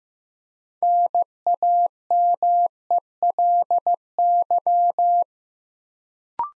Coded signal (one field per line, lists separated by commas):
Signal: Morse code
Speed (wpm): 15 wpm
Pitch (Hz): 700 Hz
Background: none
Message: NAMELY